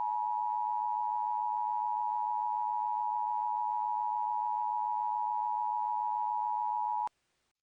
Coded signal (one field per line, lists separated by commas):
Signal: Emergency Alert System (SAME) tones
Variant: 853 and 960 Hz attention tone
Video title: EAS Scenario: Attack Of Molkrom